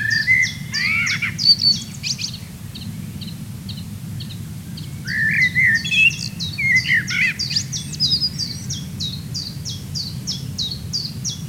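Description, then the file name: Common blackbird mellow warbled phrases come in bursts, while high, thin, evenly spaced notes from another bird repeat almost throughout; low background rumble. "Turdus merula"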